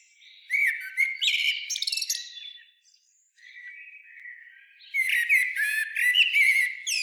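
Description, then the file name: Common blackbird song: loud mellow whistles mixed with scratchy high notes, a brief gap, a softer whistled passage, then another strong fluting burst. "Turdus merula"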